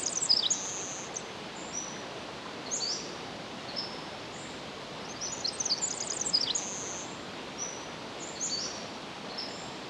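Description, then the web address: Pacific wren song: short bursts of high, rapid tinkling notes recurring throughout, loudest near the start and middle, over a hissing background. Recorded 10 July 2011 at 06:35. "ear jh-20110710-0635 pacific-wren"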